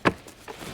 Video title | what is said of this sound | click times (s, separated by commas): 2005-2009 Subaru Legacy Cabin Filter Replacement How To | and then snap to lock | 0.1 s